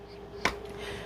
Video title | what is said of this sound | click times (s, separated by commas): Creative Memories Boarder Making System | flip this back over and you're going to press the back piece to lock into place. | 0.5 s